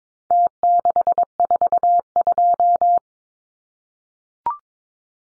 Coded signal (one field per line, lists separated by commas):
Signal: Morse code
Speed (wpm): 22 wpm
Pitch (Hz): 700 Hz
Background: none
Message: T642